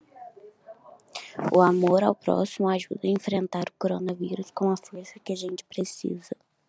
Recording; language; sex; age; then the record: spoken sentence; Brazilian Portuguese; female; 20 to 29 years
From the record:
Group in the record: control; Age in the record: 25 years